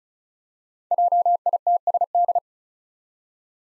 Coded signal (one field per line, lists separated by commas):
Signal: Morse code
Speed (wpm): 36 wpm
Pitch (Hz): 700 Hz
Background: none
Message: JITSD